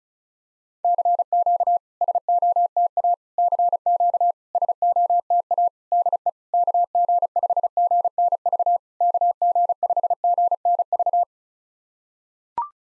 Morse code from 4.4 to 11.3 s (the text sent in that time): SOTA DE KG5GNV KG5GNV